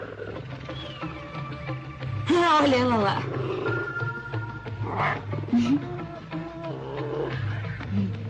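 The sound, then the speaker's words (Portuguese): A large cat lets out a loud, throaty growl that rises into a harsh yowl, followed by shorter rumbling sounds, over a steady low hum while a person speaks. “É uma tremenda gata, hein, cara? Apaixonada por você.”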